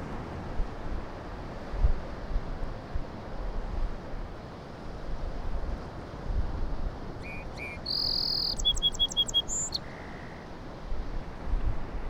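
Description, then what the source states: Song sparrow singing one phrase: two brief opening notes, a sustained buzz, a rapid run of chips, a high note and a low closing note, with constant surf behind. Song sparrow singing on Low Island, sounding different from town sparrows; surf crashing; recorded with handheld Sony PCM-M10 in a very light breeze.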